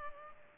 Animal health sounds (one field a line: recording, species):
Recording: mosquito wingbeat signal from an infrared sensor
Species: Culex pipiens